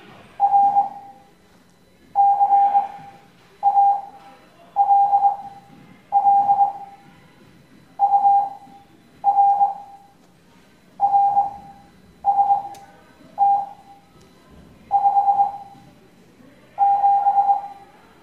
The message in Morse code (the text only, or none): R CALL UR RST 57